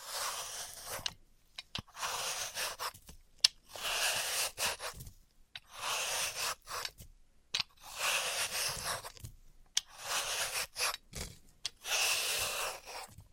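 Floral foam being cut and crushed, heard as bursts of crisp, hissy crumbling that rise and fall every second or two. Sharp little clicks and taps land between the bursts, with short silent gaps separating the strokes throughout.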